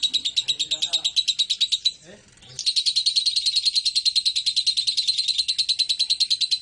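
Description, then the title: Lovebird song: quick high chattering pulses, briefly interrupted by a short gap with a soft low sound, then resuming as a steady rapid trill. East Java, Indonesia. "Super Lovebird Jawa Timur"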